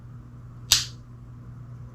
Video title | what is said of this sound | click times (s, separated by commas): Firefly FFST A New Guitar Setup Guide | Hear that? That click means it has engaged. | 0.7 s